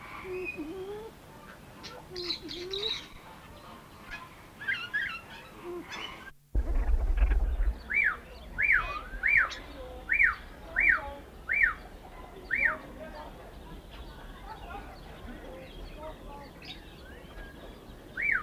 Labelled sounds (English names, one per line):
Greater Racket-tailed Drongo call